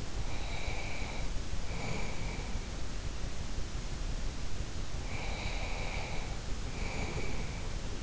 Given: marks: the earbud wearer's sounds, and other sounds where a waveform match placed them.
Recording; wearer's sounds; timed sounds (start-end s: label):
sounds in sleep by an in-ear microphone; breath
0.08-2.73 s: breath
5.01-8.03 s: breath